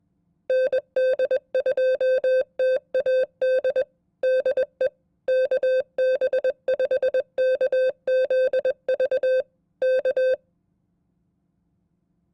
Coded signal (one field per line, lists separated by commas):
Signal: Morse code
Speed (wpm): 21 wpm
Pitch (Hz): 520 Hz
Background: none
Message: ND2TAD DE KB5KZV K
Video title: Morse Code Test #1 @20 WPM